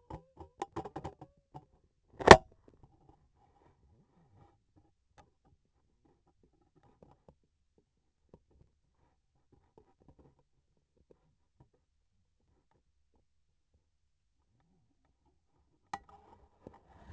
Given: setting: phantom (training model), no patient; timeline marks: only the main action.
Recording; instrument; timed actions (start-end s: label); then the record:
laparoscopic instrument, vibration sensor on the handle end; scissors
1.95-2.66 s: cutting thread
From the record:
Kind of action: gesture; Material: cotton thread